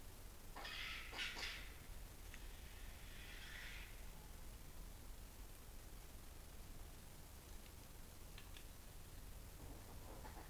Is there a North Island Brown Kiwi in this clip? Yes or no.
no